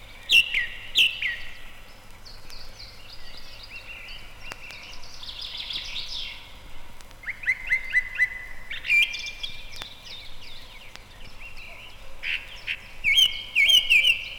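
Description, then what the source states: Song Thrush song: loud, clear phrases of sharp notes, some repeated several times, separated by short pauses. Spring forest; unhurried, sonorous phrases sung from the top of a tall spruce.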